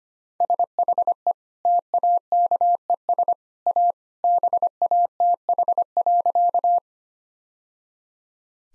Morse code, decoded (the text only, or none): SHE TAKES A BATH.